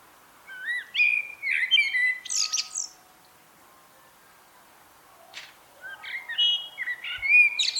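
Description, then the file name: Common blackbird song: two phrases, each a low fluted warble followed by a high squeaky twitter, separated by a long pause. "Turdus merula"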